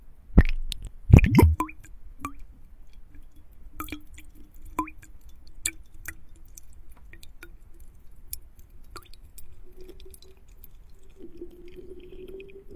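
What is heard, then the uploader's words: Ice clinks and crackles in water, with a loud clatter near the start, then scattered sharp ticks over a faint steady hum that rises near the end. The soulful sensory spa experience of ice and water.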